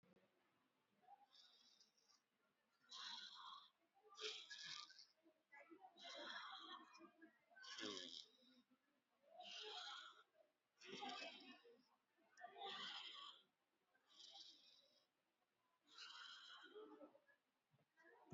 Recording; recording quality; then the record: deep breathing; excellent, no background noise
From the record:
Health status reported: exposed to COVID-19, no respiratory illness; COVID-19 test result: negative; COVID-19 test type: RT-PCR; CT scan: taken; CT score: 25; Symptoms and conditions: fever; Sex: female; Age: 51 years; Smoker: no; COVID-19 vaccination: both doses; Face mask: worn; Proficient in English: yes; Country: India